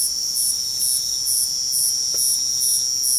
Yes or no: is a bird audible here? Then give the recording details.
no. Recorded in pastures near Puerto Asís, Putumayo, Colombia, on 29 June 2025 at 23:30. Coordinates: 0.497, -76.327. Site G040